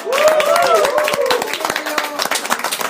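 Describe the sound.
A small group clapping steadily for about three seconds, sharp irregular claps throughout, with voices calling out over the first half before fading beneath the applause.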